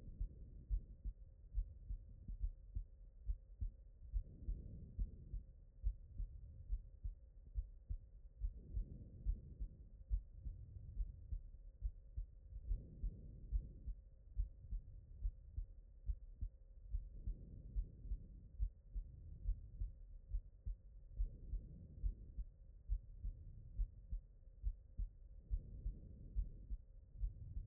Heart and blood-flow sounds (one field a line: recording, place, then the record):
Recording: heart sounds by stethoscope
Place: aortic valve (AV)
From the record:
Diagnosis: non-HFrEF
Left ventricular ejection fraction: 66%